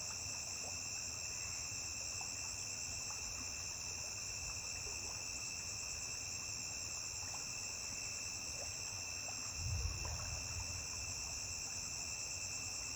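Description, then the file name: Cricket trill ringing steadily at high pitch, joined by a brief low thump near the end. A single high-pitched cricket singing beside a river. "Grilo agudo isola cantando beira de rio"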